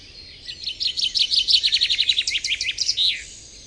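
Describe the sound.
Bird song: a rapid series of many high, sharp chirped notes run together over about three seconds, over steady background noise.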